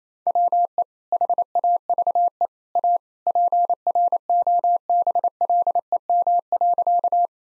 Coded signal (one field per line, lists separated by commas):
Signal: Morse code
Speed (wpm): 28 wpm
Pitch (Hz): 700 Hz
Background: none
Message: WE HAVE A PROBLEM.